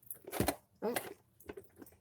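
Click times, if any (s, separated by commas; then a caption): none. A plastic brew-head lid on a Betty Crocker single serve pod coffee maker is handled over the pod in the pod chamber, with soft handling taps around 0.1–0.5 s and again near 1.4–1.6 s while someone talks. The lid has not yet clicked shut and nothing has seated.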